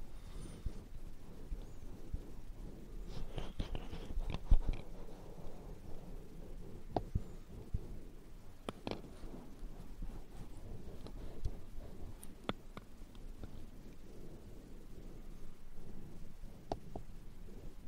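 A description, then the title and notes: Muffled ear cleaning and massage, with a steady low rubbing and brushing that fills the whole clip. Sharp little clicks and scratchy taps cut through every second or two, busiest around the middle and again near the end. Ear cleaning, ear massage.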